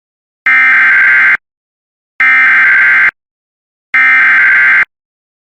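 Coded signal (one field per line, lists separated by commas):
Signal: Emergency Alert System (SAME) tones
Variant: header bursts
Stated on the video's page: Multiple alert headers received on WJON/IP Weatherscan feed, including several failed EAS transmissions.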